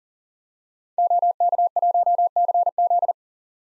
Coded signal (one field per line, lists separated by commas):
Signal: Morse code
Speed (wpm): 40 wpm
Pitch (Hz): 700 Hz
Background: none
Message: OK1CZ